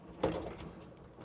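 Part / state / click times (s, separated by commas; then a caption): foot bracket sliding into its lock on a barn door / not seated / none. A foot bracket on a repaired barn door, the lock that keeps the animals from getting out, is handled and slid over. A sudden sliding scrape at 0.2 s is followed by quieter rubbing and rattling. Nothing has seated or clicked yet.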